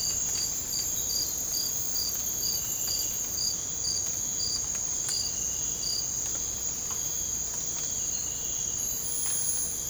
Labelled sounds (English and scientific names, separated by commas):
none